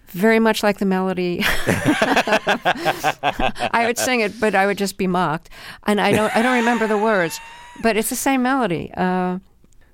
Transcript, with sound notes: Very much like the melody. (LAUGHTER) I would sing it, but I would just be mocked. (Laughter) And I don't remember the words. But it's the same melody.
Wait.